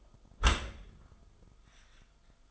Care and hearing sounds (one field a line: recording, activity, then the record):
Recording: daily activity, microphone in the room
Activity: close dishwasher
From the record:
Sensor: 5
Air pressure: 1004.8 hPa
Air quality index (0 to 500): 94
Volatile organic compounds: 2 ppm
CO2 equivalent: 1141 ppm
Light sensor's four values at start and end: 33/76/31/30 and 33/76/31/30